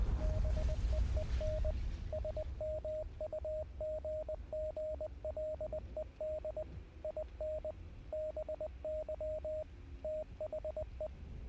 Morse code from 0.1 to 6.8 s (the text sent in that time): BEEN SMUGGLED